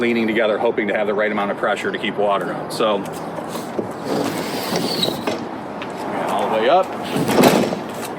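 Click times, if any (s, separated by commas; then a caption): 5.0 s. A man talks as the rear roof panel of an A-frame folding camper is raised all the way up into the top channel of the camper wall. The panel locks into the channel with a sharp click at 5.0 s, followed by softer knocks around 5.3 s and 5.8 s, confirming it is seated.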